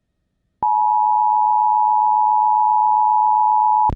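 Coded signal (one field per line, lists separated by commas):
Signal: Emergency Alert System (SAME) tones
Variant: 853 and 960 Hz attention tone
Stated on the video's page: PDS severe thunderstorm watch received on NOAA Weather Radio.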